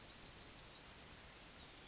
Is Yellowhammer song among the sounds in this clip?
yes